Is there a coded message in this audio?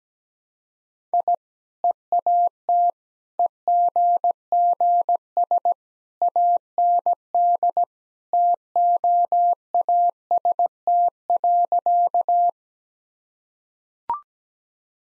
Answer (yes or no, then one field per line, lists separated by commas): yes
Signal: Morse code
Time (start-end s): 1.1-12.5 s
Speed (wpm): 17 wpm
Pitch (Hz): 700 Hz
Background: none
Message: I EAT EGGS AND TOAST.